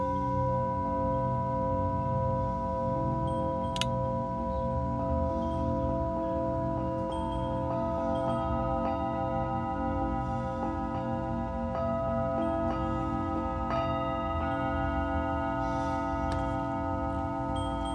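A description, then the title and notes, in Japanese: Singing bowls ring in a sustained healing session, their long tones overlapping into a steady, humming drone with a deep low throb beneath. Soft strikes add fresh bright pings now and then, notably around four and fourteen seconds, while the overall level stays even throughout. 真夜中の シンギングボウルのサウンドヒーリング ライブ。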